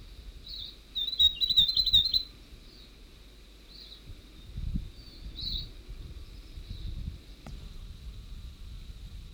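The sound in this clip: North Island tomtit song: a quick high twittering phrase, with a few softer separate high notes afterwards and a sharp click later.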